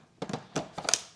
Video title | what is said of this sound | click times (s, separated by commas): HIZERO F100 Cordless Hard Floor Cleaner Electric Mop Review & Unboxing | this right here you can see is going to click in | 0.9 s